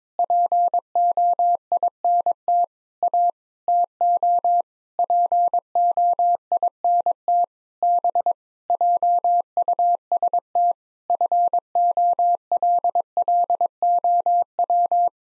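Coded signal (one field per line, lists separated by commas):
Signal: Morse code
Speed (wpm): 22 wpm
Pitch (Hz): 700 Hz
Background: none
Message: POINT A TO POINT B JUST FOLLOW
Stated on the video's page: Morse code practice at 22 wpm: sentences built from common eight-word phrases, each sent, then spoken, then sent again, for head-copy training.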